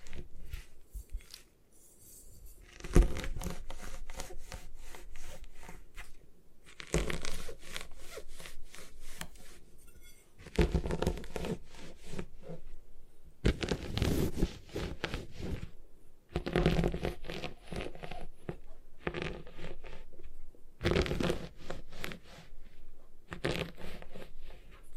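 Gym chalk is crushed and crumbled in a series of dense, gritty bursts, each lasting a few seconds with brief pauses between. The crunching is rough and crackly, full of tiny rapid grinding clicks, with soft rustling in the quieter gaps.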